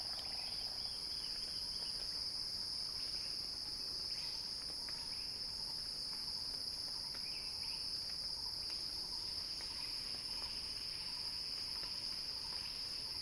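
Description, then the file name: Cicada song, a steady high-pitched continuous buzz holding one even tone throughout, with scattered faint chirps and clicks beneath. Recording titled a cicada crescendo. "earth-fm Axel-Drioli Cicada-Crescendo-Sounding-Wild"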